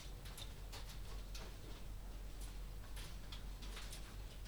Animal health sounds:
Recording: poultry house recording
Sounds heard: no chicken sound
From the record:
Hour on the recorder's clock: 0

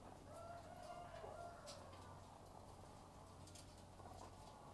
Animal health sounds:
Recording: poultry house recording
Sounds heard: sick chickens (respiratory disease)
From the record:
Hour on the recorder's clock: 12

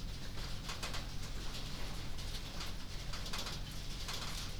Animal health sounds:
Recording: poultry house recording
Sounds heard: no chicken sound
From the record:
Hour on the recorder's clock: 21

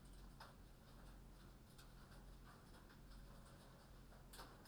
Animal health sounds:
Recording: poultry house recording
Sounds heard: no chicken sound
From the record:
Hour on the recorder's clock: 21

